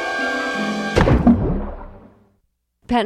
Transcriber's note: soundbite of something falling with a clunk, splash